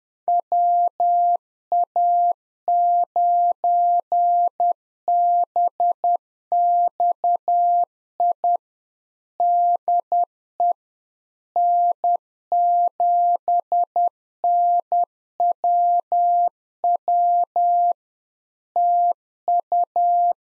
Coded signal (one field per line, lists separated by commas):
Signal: Morse code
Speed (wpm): 10 wpm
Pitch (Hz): 700 Hz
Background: none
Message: WA9BXI DE N7NWW TU